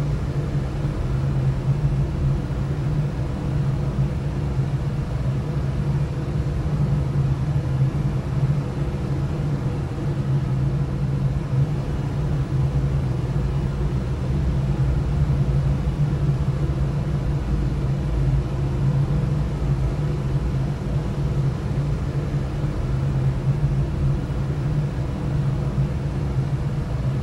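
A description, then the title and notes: Air rushes steadily through a duct, a constant, dense rumble weighted heavily toward the low end, with a pronounced hum around the bottom. The level stays even for the whole stretch, with faint hiss above and no distinct events breaking the flow. Inside an Air Duct. The white noise of the air flowing through the duct. The gentle whirring, humming, and rustling sounds.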